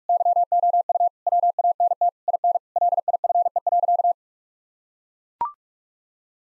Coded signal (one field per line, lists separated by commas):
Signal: Morse code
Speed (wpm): 41 wpm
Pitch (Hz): 700 Hz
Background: none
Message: YOU WANT IN LIFE.